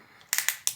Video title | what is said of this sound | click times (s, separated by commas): L’OUTILS LE PLUS POLYVALENT CHEZ BOSCH PRO ! GSR-18V-60 FC ✨ | une fois que vous entendez que ça claque juste pour vous faire écouter voilà une | 0.3 s, 0.4 s, 0.5 s, 0.7 s